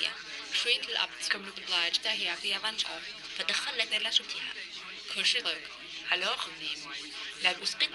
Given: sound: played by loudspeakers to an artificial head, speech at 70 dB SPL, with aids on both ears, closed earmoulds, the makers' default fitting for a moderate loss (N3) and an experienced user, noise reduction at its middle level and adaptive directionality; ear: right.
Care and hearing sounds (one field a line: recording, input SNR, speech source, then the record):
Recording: speech test signal (ISTS) in cocktail-party noise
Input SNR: +3 dB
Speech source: on the right (90 degrees)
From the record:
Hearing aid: class 2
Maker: B